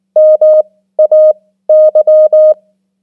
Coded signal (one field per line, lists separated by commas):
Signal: Morse code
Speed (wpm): 19 wpm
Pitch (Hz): 620 Hz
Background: none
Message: MAY